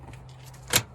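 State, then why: Released. A small handle on the fold-down section of a seat in a VW Transporter T5 camper van is pulled until the latch clicks open and the section folds down. After faint low rustling, a sharp, bright click lands at 0.8 seconds, releasing the latch.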